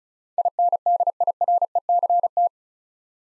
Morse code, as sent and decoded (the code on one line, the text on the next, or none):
.. -. -.. .. .-. . -.-. -
INDIRECT